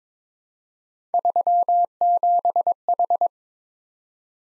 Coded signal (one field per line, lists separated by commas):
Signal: Morse code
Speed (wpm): 21 wpm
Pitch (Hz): 700 Hz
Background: none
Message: 37H